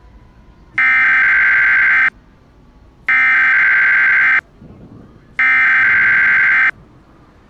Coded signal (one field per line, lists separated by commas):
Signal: Emergency Alert System (SAME) tones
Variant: header bursts